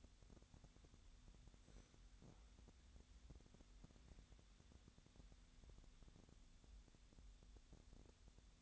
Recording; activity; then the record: daily activity, microphone in the room; wipe stove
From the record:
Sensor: 3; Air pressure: 1007.0 hPa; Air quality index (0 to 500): 205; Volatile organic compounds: 18 ppm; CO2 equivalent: 2621 ppm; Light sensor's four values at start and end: 11/27/11/11 and 11/27/11/11